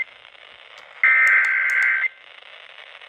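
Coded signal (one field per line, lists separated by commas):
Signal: Emergency Alert System (SAME) tones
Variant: header bursts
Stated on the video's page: Flash flood warning received on FM station WRBK 90.3.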